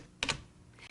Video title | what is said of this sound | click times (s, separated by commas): KIRBY - G4 uputstvo | push the portable handle into the same slot until it snaps into place then | 0.2 s